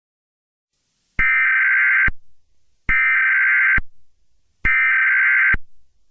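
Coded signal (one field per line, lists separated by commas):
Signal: Emergency Alert System (SAME) tones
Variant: header bursts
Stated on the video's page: Fictional EAS scenario, simulated alert.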